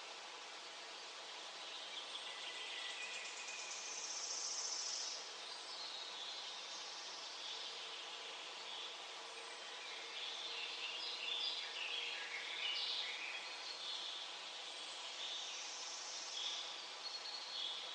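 Birds sing throughout, short bright chirps and trills scattered over a steady hiss of outdoor sound. Little happens in the low range; the calls cluster high and busy, with livelier bursts around five seconds and again from about eleven seconds onward.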